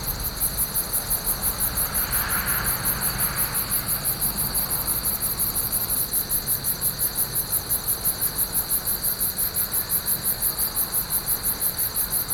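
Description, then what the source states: Crickets chirping together, an even, fast high pulsing rhythm throughout, with a soft broad whoosh passing early. Many crickets, outdoors.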